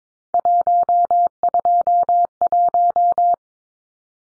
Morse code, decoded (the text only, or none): 121